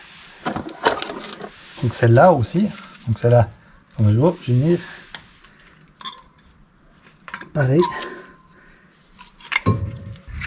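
A new front brake pad for an Audi A3 or Golf 6 is handled at the caliper bracket while someone talks, with short metallic clinks and taps between the words. The pad is being worked toward the bracket but has not clipped in yet; nothing has seated or clicked.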